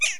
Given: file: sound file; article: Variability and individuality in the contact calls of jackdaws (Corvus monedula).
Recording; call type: jackdaw call; harmonic